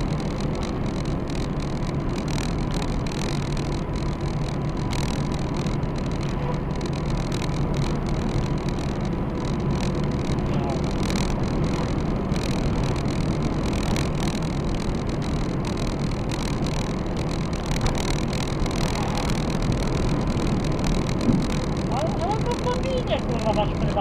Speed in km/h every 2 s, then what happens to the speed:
85, 84, 82, 84, 85, 86, 86, 86, 87, 86, 87, 86.
0-24 steady at about 86.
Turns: none.